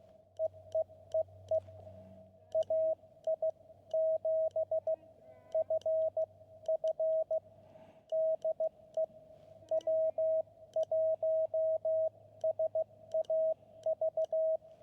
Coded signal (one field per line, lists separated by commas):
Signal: Morse code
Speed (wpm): 15 wpm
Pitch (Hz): 640 Hz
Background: radio noise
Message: EEEE AI7FF DE W1SAV